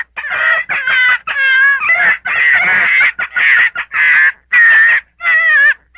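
Gray fox calling in quick, raspy, quavering yips in bursts separated by short gaps throughout.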